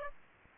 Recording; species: mosquito wingbeat signal from an infrared sensor; Aedes aegypti